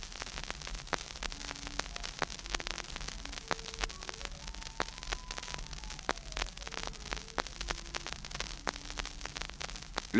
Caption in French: La surdité altère parfois seulement linéairement le niveau d'audition, par exemple dans les formes pures de transmission. Voici ce qu'entend un sourd après une baisse de 30 décibels.